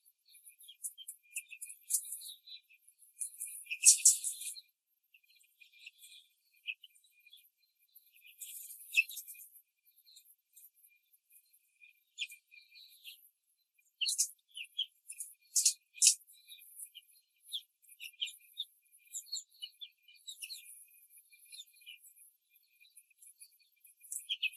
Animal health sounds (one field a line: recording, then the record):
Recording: young laying hens in a cage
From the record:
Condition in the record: control cage, before the stress test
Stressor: none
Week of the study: 4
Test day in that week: 3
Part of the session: 2